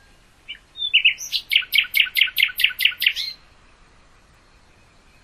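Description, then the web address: Common nightingale song: a whistle, then a steady series of loud, evenly spaced repeated notes, then quiet. "hoeren nachtigall"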